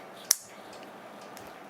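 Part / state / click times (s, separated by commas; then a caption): smartphone into camera cage / seated / 0.3 s. An iPhone 17 Pro Max is slipped into a metal Neewer phone cage rig and locks in place with a single solid, sharp click at 0.3 s. The rest is quiet room tone, with only a faint tick near 1.4 s. The phone is seated in the cage.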